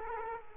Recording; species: mosquito wingbeat signal from an infrared sensor; Culex quinquefasciatus